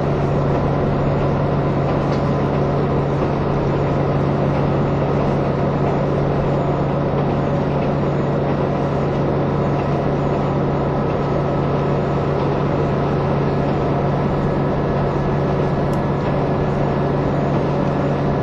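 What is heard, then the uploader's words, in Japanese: A KiHa 183 series diesel train, the Asoboy service running from Kumamoto toward Miyaji, drones steadily for the whole stretch. A deep, even engine hum sits under a dense, unchanging rush of running noise, with only faint clicks now and then. キハ183系 あそぼーい103号01 熊本～宮地。流浪の車両であるJR九州キハ183系、ようやく安住の列車となる”あそぼーい！103号”を収録したものです。走行音。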